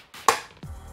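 A door on a scale model car body is pushed closed and snaps shut with a small, sharp click at 0.3 s, after a brief soft rustle. A faint low thump follows around 0.6 s, and the door is left seated and shut.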